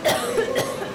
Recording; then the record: coughing mixed with background sound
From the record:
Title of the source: Coughing Woman Sound - Woman Cough Sound Effect